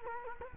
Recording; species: mosquito wingbeat signal from an infrared sensor; Culex quinquefasciatus